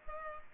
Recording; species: mosquito wingbeat signal from an infrared sensor; Culex pipiens